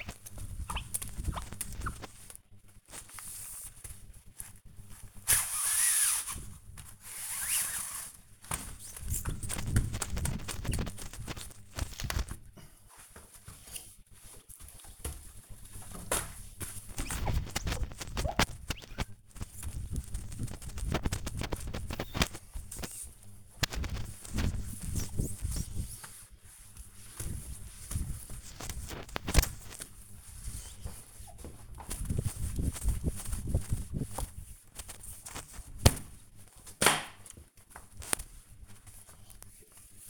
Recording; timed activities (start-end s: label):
household activities, microphone on the right wrist
0.00-40.10 s: window cleaning